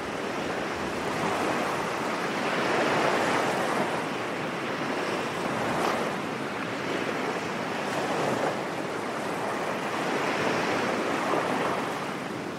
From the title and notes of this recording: Peaceful Ocean Waves And Wind Sounds On A Beach Day. These waves crashing and dancing on the shore, against the rocks along with other relaxing nature sounds.